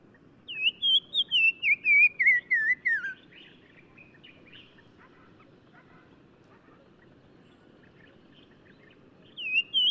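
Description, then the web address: Black-crowned tchagra whistled song: a run of clear warbling notes sliding gradually downward, followed by quieter twittering, then a short whistled phrase returns near the end. Recorded in Morocco. "Black-crowned Tchagra. new sound approach title morocco"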